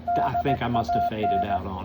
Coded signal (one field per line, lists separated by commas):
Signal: Morse code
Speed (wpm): 18 wpm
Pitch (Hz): 700 Hz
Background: speech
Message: DAN